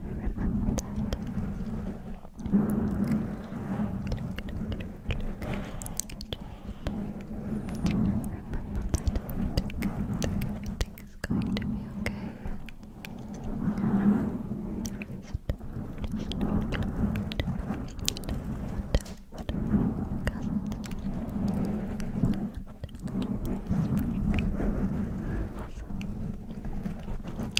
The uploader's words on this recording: Metal Scrubbers Crunchy Crinkles, Rolling, and Squeezing Triggers (NO TALKING).